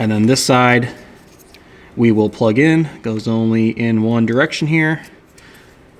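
A plastic harness connector for the second exhaust valve, part of a dAHler valve controller on a BMW G80 M3, is lined up to plug into the factory harness connector, which only goes in one direction. Someone talks throughout, with faint handling sounds between phrases. Nothing has seated or clicked yet.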